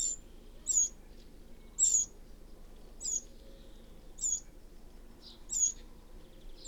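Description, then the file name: Eurasian wren calls: piercing high ticks, each slurring downward, repeated roughly every second against a faint, quiet background. "Troglodytes troglodytes"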